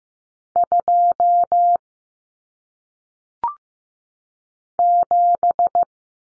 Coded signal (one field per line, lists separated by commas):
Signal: Morse code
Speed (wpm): 15 wpm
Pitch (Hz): 700 Hz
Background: none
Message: 2 7